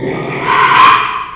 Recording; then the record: squeal of a Yucatan mini pig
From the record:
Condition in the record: after surgery on the right vocal fold (resection and tissue-engineered implant); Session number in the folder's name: 1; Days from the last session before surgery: 6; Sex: male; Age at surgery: 12 weeks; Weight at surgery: 13 kg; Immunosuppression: cyclosporine, prednisolone